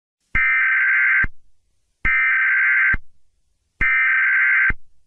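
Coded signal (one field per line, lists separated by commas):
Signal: Emergency Alert System (SAME) tones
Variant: header bursts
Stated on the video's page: EAS alarms from various countries, collected for rating.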